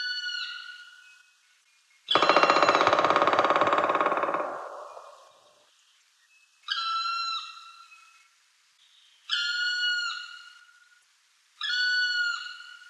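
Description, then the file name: Black woodpecker giving long, clear, slightly falling whistled calls about every two and a half seconds, with a loud burst of rapid drumming early on. "Dryocopus martius"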